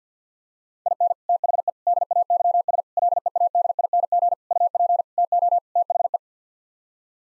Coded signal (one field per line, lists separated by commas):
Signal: Morse code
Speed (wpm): 50 wpm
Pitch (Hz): 700 Hz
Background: none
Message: IN THE DAYS LEADING UP TO THE